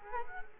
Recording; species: mosquito wingbeat signal from an infrared sensor; Culex quinquefasciatus